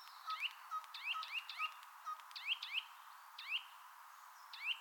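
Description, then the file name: Eurasian nuthatch calls: short sharp rising notes repeated irregularly, some in quick pairs or triplets. "Sitta europaea"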